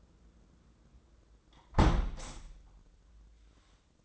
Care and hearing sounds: daily activity, microphone in the room; close window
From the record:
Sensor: 3

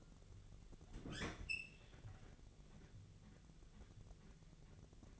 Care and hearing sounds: daily activity, microphone in the room; open fridge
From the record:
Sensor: 4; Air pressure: 1000.8 hPa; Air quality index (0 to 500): 132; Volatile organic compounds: 2 ppm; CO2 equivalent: 984 ppm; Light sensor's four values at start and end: 29/70/29/32 and 26/63/27/29

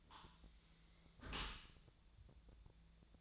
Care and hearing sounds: daily activity, microphone in the room; close dishwasher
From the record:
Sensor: 3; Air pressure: 1000.5 hPa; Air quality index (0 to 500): 177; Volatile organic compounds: 3 ppm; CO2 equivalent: 1533 ppm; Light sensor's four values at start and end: 14/36/14/16 and 14/36/14/16

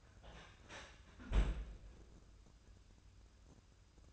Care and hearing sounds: daily activity, microphone in the room; close fridge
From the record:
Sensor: 2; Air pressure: 994.4 hPa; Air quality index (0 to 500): 213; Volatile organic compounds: 1000 ppm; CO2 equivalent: 7047 ppm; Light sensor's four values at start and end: 88/206/86/85 and 88/206/85/85

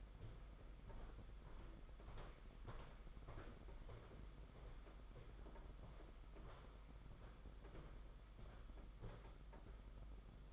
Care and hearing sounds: daily activity, microphone in the room; walk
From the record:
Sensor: 5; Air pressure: 991.8 hPa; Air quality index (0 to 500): 154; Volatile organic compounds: 226 ppm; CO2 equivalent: 4294 ppm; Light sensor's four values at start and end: 32/107/40/42 and 32/108/40/43

